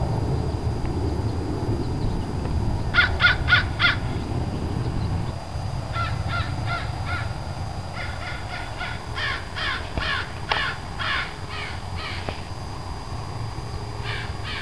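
Crow caws in several rapid bursts of harsh notes, growing denser later, over a constant low rumble.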